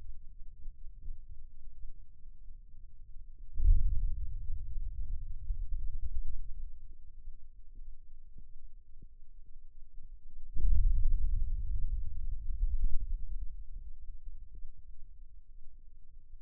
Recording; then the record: forearm muscle sounds (acoustic myography)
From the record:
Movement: hand opening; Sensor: system 2, bracelet of six BSWA MPA416 microphones around the upper forearm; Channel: 1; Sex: male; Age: 22 years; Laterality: right